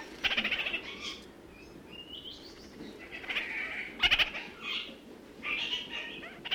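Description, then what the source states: Red-crowned parakeet calls in quick harsh chattering bursts, including a sharp rattled note near the middle. New Zealand.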